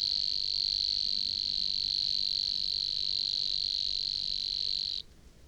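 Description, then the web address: Savi's warbler reeling: an unbroken, insect-like high buzz held for about five seconds before cutting off sharply, leaving faint background hiss. "chant didier collin locustelle luscinioide"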